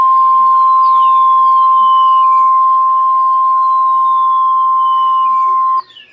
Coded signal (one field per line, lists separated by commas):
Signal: Emergency Alert System (SAME) tones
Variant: 1050 Hz attention tone